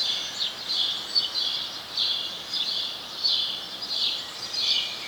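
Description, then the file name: House sparrow chirping, a dense chatter of buzzy high notes running almost continuously, with steady hiss underneath. "Passer domesticus"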